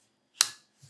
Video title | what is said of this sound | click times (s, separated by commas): The Nine Days of Christmas - Gift Ideas for Photographers - Day 6 - Slides and targets | till it clicks in place because the end of the reversed lens has kind of got an exposed bit at the back | 0.4 s